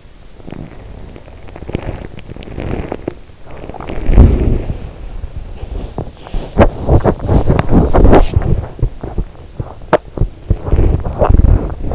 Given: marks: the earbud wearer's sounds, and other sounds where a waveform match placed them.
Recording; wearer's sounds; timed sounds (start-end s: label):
sounds in sleep by an in-ear microphone; body movement, teeth grinding
0.00-9.56 s: body movement
9.56-11.95 s: teeth grinding